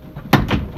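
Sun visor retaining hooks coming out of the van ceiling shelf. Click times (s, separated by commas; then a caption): 0.3 s. After its four Torx bolts are removed, a van's sun visor assembly is pried down so its small plastic retaining hooks pop free of the ceiling shelf, with a sharp click at 0.3 s. Two softer knocks follow around 0.5 s and 0.8 s, and the visor hooks come loose and release.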